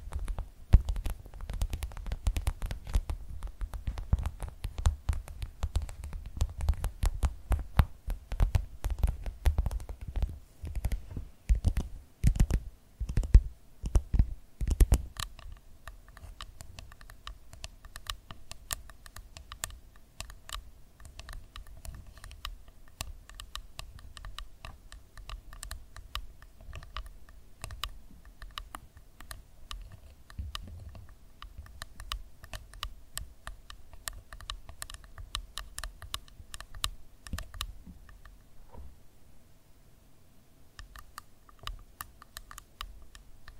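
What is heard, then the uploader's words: Quick fingertip tapping on hard objects, dense, with rapid clicky strikes. For the first fifteen seconds the taps are louder and thumpier with some low knocks; afterward they turn lighter, quieter and more scattered, with a faint steady tone behind them. ASMR 1 Hour Tapping No Talking For Sleep (Louis Vuitton, Yankee Candle, Bamboo, .)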